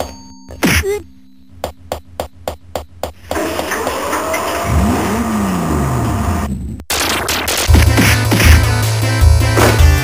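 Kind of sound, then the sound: vehicle, sports car engine revving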